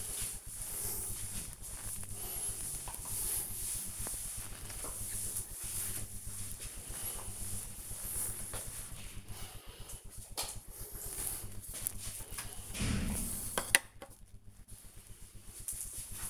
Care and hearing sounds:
household activities, microphone on the right wrist
0.00-11.37 s: floor cleaning

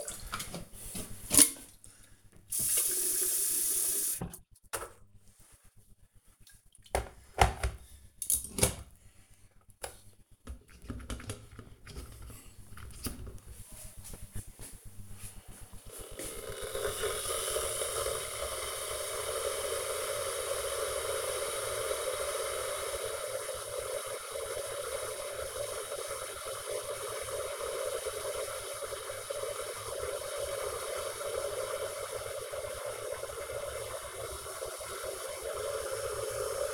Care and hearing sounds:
household activities, microphone on the right wrist
0.00-36.74 s: making tea

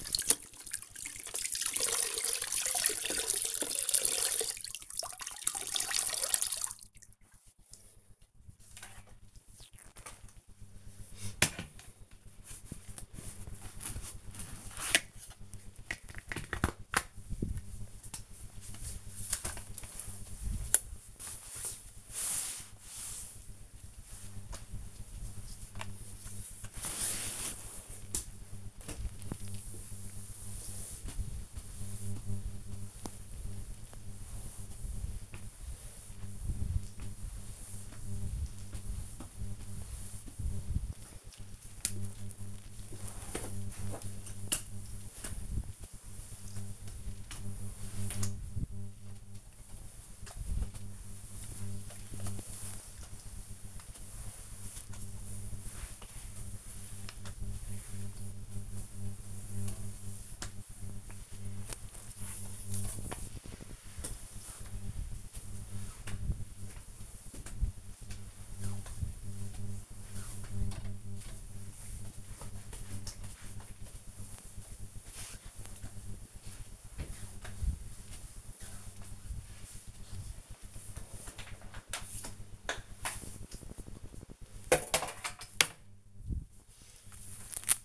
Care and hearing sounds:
household activities, microphone on the right wrist
0.00-87.85 s: floor cleaning

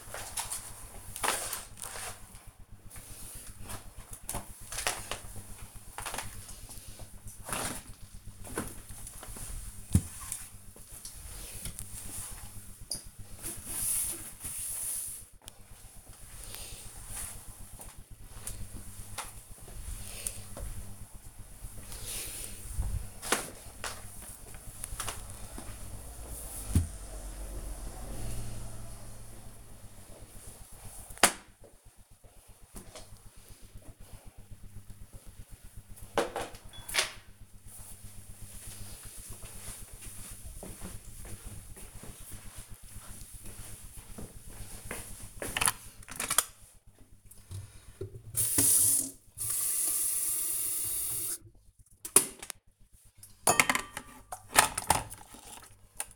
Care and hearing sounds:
household activities, microphone on the right wrist
0.00-34.29 s: floor cleaning
47.39-56.16 s: making tea

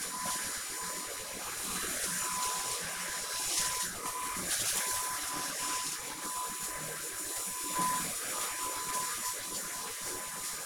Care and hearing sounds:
household activities, microphone on the right wrist
0.00-10.66 s: vacuum cleaning

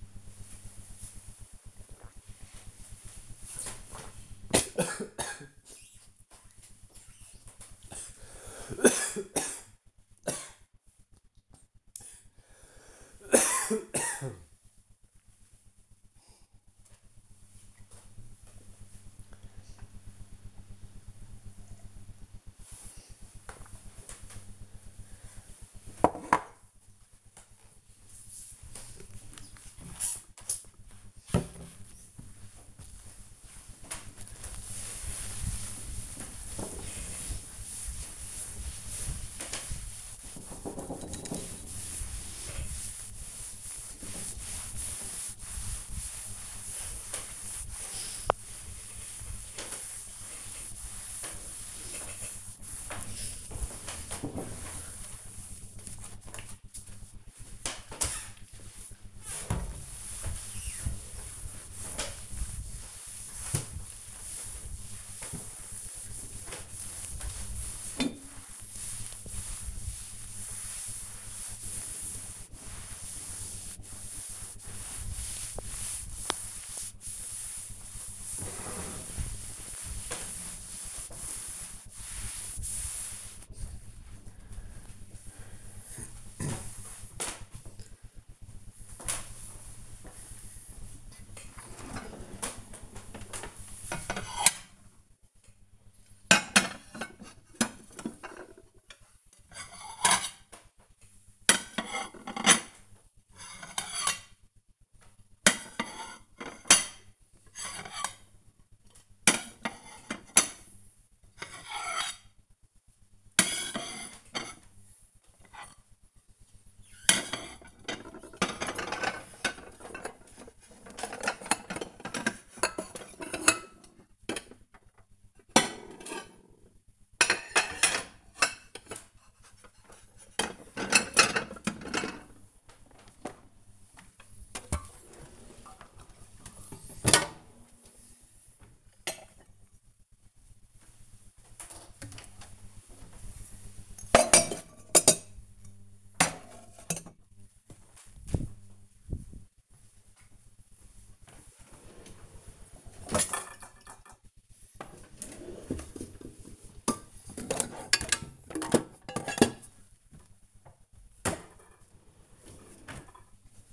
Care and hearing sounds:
household activities, microphone on the right wrist
0.00-23.18 s: drinking
30.26-83.73 s: cleaning table
91.77-163.32 s: putting away the dishes

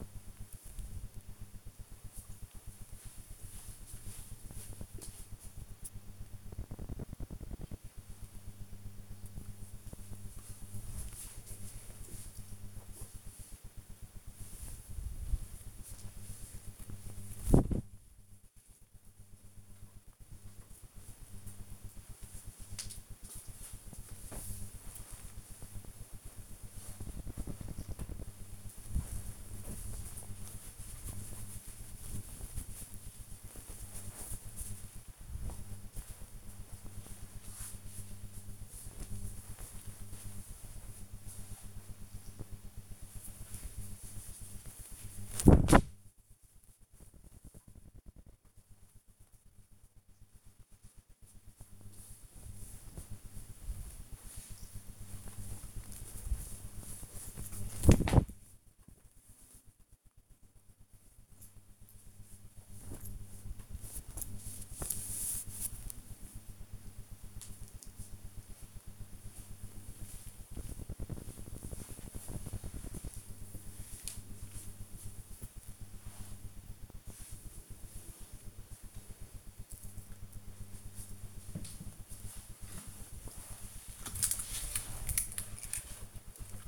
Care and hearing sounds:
household activities, microphone on the right wrist
0.00-12.02 s: folding laundry
20.07-27.13 s: folding laundry
30.14-45.25 s: folding laundry
48.27-55.31 s: folding laundry
58.34-63.39 s: folding laundry

